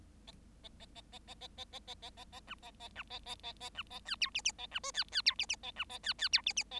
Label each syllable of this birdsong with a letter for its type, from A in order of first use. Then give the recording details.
A A A A A A A A A A A A B A A B A A A A B A C D E E A B F C C D E E A B A C C D E E A. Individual Bird7